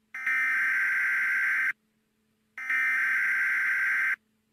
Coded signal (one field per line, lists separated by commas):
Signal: Emergency Alert System (SAME) tones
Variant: header bursts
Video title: EAS Test!